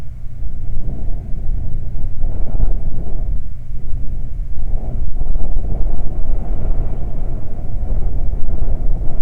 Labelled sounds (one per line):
wind